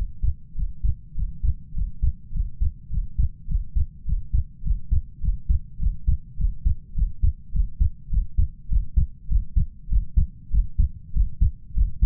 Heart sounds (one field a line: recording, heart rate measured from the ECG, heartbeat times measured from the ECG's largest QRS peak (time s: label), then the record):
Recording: heart sounds by stethoscope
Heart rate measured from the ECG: 102 bpm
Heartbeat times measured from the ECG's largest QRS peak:
0.54 s: heartbeat
1.14 s: heartbeat
1.73 s: heartbeat
2.32 s: heartbeat
2.89 s: heartbeat
3.47 s: heartbeat
4.04 s: heartbeat
4.62 s: heartbeat
5.20 s: heartbeat
5.78 s: heartbeat
6.36 s: heartbeat
6.94 s: heartbeat
7.52 s: heartbeat
8.09 s: heartbeat
8.68 s: heartbeat
9.28 s: heartbeat
9.88 s: heartbeat
10.50 s: heartbeat
11.12 s: heartbeat
11.73 s: heartbeat
From the record:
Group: healthy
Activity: Valsalva maneuver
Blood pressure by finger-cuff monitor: 108/78 mmHg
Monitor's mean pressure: 84 mmHg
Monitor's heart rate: 103 bpm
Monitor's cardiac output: 6.2 L/min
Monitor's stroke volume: 61 mL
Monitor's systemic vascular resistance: 990 dyn s/cm5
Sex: male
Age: 21 years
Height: 170 cm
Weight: 71 kg